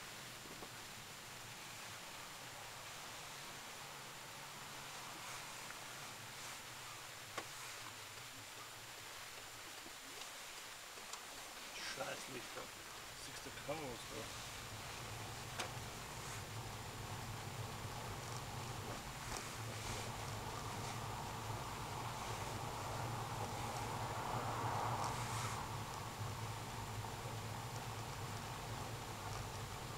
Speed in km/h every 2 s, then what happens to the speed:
18, 14, 12, 12, 10, 7, 8, 16, 20, 22, 24, 24, 23, 23, 22.
0-11 slows to 7. 11-20 speeds up to 24. 20-30 steady at about 23.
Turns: 8-14.